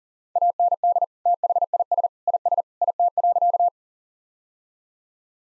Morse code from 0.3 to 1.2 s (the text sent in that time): AND